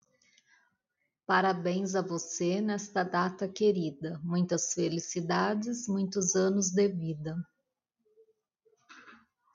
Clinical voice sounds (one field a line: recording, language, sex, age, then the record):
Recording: short text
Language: Brazilian Portuguese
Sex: female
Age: 50 to 59 years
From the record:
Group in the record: control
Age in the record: 51 years